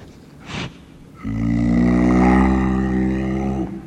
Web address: clouded leopard